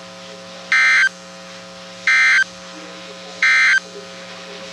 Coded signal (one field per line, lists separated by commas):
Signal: Emergency Alert System (SAME) tones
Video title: So many Severe Thunderstorms... well ok probably not many. +2 Special Marine Warnings (EAS 48-55)